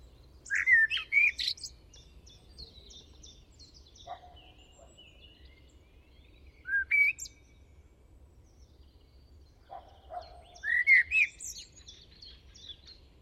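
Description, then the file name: Common blackbird singing three separate phrases, each a low whistled warble followed by high, scratchy twittering notes, with fainter notes in the gaps between. "Turdus merula"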